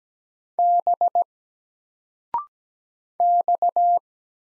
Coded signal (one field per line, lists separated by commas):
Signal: Morse code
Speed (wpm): 17 wpm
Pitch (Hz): 700 Hz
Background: none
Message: B X